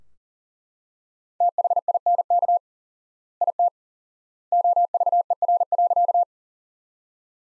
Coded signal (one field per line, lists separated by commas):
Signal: Morse code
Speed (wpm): 40 wpm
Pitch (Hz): 700 Hz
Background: none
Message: THINK IT OVER.